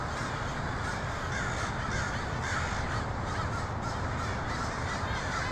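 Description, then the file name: Numerous crows caw harshly in quick succession, a dense clamor over steady background noise. Multiple crows recorded in Portland (PDX) on 23 October 2018. "pdx crows 2018-10-23"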